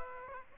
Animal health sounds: mosquito wingbeat signal from an infrared sensor; Aedes aegypti

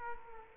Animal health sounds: mosquito wingbeat signal from an infrared sensor; Culex quinquefasciatus

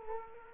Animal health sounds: mosquito wingbeat signal from an infrared sensor; Culex quinquefasciatus

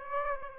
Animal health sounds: mosquito wingbeat signal from an infrared sensor; Aedes aegypti

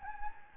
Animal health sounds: mosquito wingbeat signal from an infrared sensor; Anopheles gambiae

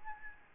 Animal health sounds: mosquito wingbeat signal from an infrared sensor; Aedes albopictus

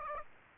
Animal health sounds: mosquito wingbeat signal from an infrared sensor; Aedes aegypti

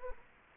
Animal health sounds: mosquito wingbeat signal from an infrared sensor; Anopheles gambiae

